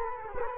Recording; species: mosquito wingbeat signal from an infrared sensor; Culex quinquefasciatus